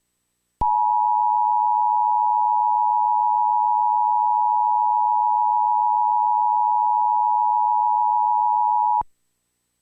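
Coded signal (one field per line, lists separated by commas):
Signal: Emergency Alert System (SAME) tones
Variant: 853 and 960 Hz attention tone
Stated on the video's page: PDS tornado warning for Davidson, Sumner and Wilson counties, Tennessee, issued during a strong storm system bringing tornadoes and severe thunderstorms.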